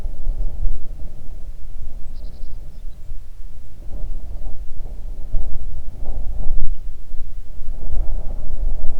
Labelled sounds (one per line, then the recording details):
bird
wind
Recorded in the Arctic National Wildlife Refuge, Alaska, on 3 June 2019 at 04:41
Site 37